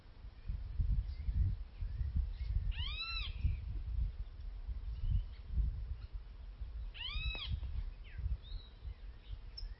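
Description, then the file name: Great Kiskadee calls: two loud, arched, ringing notes given a few seconds apart, over steady low rumbling background noise. "cristofue"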